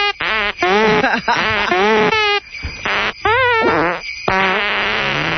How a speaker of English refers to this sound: A great song, isn't it? All farts, actual elf farts.